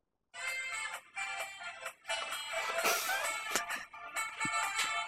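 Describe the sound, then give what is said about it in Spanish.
A loud, bright song playing at full volume as a phone ringtone on a bus, with an epic sustained saxophone melody over a dense, steady backing that continues without pause, no voices present. “vamos a escuchar qué era lo que estaba sonando en el teléfono de este chabón.”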